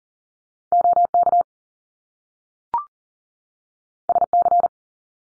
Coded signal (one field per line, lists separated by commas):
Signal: Morse code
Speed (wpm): 40 wpm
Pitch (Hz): 700 Hz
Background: none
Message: OK SC